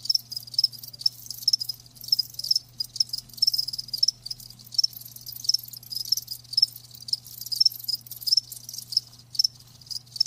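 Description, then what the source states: Crickets chirping steadily, short shrill pulses repeating over a continuous high trill and a quiet low hum. Live crickets chirping, a lulling song.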